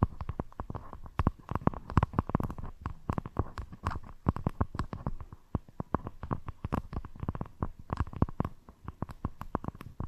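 Scratching and tapping sounds come in quick, irregular bursts, sharp clicks and scrapes crowding together for ten seconds with only brief gaps. Each hit is short and crisp, some louder than others, over a soft low rumble between strokes.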